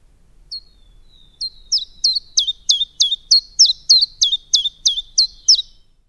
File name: Golosa ptic i zverei - Penochka-tenkovka